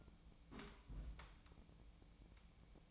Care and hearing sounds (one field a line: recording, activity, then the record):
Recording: daily activity, microphone in the room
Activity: place on stove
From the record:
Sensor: 1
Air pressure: 1000.0 hPa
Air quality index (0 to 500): 133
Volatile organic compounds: 2 ppm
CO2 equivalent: 1258 ppm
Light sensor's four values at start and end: 39/98/41/51 and 39/98/41/51